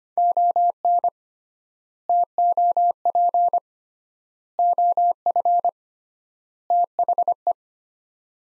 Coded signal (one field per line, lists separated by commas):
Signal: Morse code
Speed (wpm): 25 wpm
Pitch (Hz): 700 Hz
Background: none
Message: ON TOP OF THE